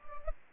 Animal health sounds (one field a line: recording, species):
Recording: mosquito wingbeat signal from an infrared sensor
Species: Anopheles arabiensis